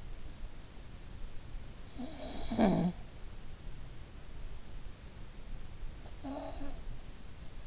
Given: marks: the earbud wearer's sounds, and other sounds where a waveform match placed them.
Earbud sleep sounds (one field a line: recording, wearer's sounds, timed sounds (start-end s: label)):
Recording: sounds in sleep by an in-ear microphone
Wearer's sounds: snoring breath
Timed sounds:
0.87-3.22 s: snoring breath
5.39-7.67 s: snoring breath